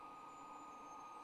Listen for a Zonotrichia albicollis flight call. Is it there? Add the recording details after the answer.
no. No flight call is heard. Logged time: 10:41 on 25 November 2014